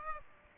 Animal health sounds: mosquito wingbeat signal from an infrared sensor; Aedes aegypti

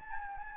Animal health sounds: mosquito wingbeat signal from an infrared sensor; Anopheles gambiae

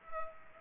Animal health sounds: mosquito wingbeat signal from an infrared sensor; Culex pipiens

